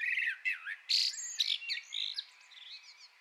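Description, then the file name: Common blackbird twittering song, a jumble of high squeaky notes and sharp chirps packed together, fading into softer twitters toward the end. "Turdus merula"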